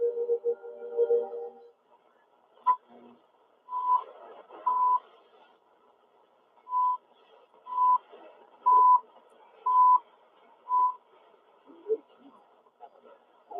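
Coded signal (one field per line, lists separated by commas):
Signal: radio time signal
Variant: CHU Canada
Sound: short 1 kHz beeps about once per second, with a skipped second or two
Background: shortwave radio static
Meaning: Each tick marks one second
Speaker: CHU Canada. 0 hours, 56 minutes.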